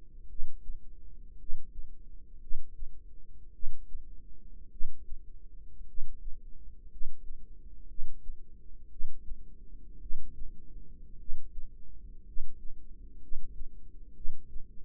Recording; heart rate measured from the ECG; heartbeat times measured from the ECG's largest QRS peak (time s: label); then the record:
heart sounds by microphone in the right ear; 56 bpm
0.26 s: heartbeat
1.35 s: heartbeat
2.38 s: heartbeat
3.50 s: heartbeat
4.68 s: heartbeat
5.84 s: heartbeat
6.87 s: heartbeat
7.86 s: heartbeat
8.88 s: heartbeat
9.98 s: heartbeat
11.16 s: heartbeat
12.23 s: heartbeat
13.18 s: heartbeat
14.12 s: heartbeat
From the record:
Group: healthy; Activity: rest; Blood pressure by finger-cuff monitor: 153/68 mmHg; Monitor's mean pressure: 94 mmHg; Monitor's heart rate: 54 bpm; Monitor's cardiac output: 6.1 L/min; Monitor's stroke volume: 112 mL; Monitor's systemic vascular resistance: 1130 dyn s/cm5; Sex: male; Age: 25 years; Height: 170 cm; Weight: 70.4 kg